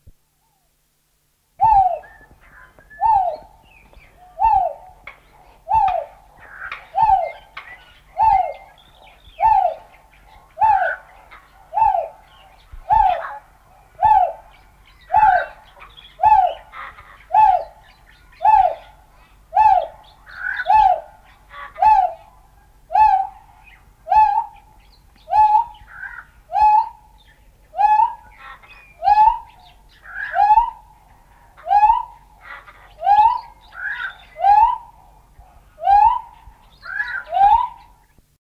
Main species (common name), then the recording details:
Great Argus. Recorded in captivity. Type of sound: call. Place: Vogelpark Walsrode, Niedersachsen, DE. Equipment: Halbspur, 9,5 cm/s. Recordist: Lütgens, Hans. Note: Rufe